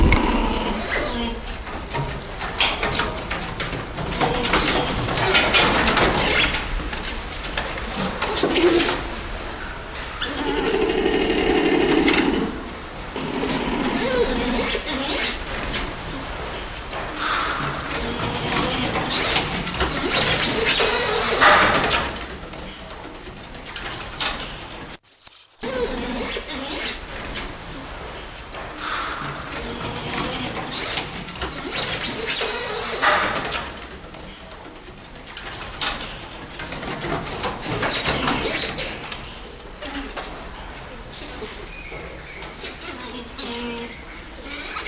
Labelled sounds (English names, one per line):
Red Ruffed Lemur